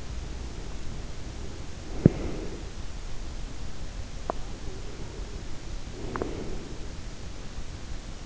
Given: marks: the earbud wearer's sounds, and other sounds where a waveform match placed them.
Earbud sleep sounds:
sounds in sleep by an in-ear microphone; breath, teeth grinding
0.00-2.98 s: breath
1.94-2.27 s: sound from someone else or the room
3.76-4.58 s: teeth grinding
5.03-7.05 s: breath
5.97-6.33 s: teeth grinding

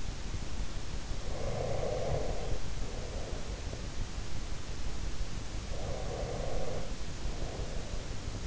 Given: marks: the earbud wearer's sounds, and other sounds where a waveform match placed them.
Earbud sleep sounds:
sounds in sleep by an in-ear microphone; breath
0.99-3.81 s: breath
5.63-8.47 s: breath

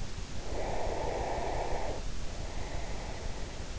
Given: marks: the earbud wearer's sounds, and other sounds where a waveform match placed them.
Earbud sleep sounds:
sounds in sleep by an in-ear microphone; breath
0.21-3.79 s: breath

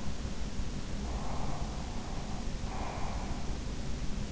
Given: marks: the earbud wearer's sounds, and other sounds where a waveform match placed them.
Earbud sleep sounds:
sounds in sleep by an in-ear microphone; breath
0.93-3.48 s: breath

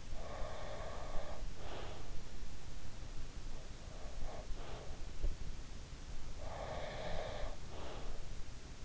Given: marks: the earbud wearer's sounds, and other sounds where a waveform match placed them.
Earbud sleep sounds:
sounds in sleep by an in-ear microphone; breath
0.00-2.19 s: breath
3.90-5.62 s: breath
6.39-8.33 s: breath

